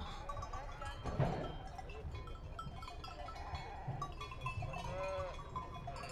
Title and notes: Transumanza a Vilminore. Transumanza, Vilminore 5 settembre 2009 Un grosso gregge viene preparato per essere trasferito dalla Valle di Scalve alla pianura Mantovana